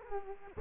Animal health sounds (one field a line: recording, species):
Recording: mosquito wingbeat signal from an infrared sensor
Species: Culex quinquefasciatus